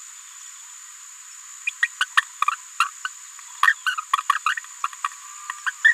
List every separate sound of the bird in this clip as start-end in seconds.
1.67-1.70, 1.82-1.87, 2.00-2.05, 2.80-2.88, 3.05-3.08, 3.67-3.73, 3.86-3.95, 4.35-4.38, 4.46-4.54, 4.84-4.87, 5.04-5.06, 5.66-5.71, 5.84-5.93